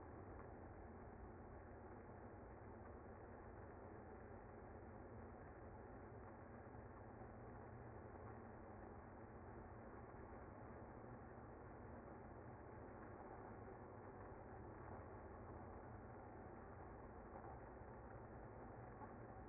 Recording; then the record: honeybee colony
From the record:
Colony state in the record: active